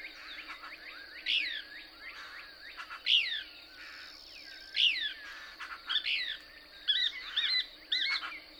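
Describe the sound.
Couch's Kingbird song, loud down-slurred squeaky notes about every one to two seconds, mixed with softer twitters and a steady high whine.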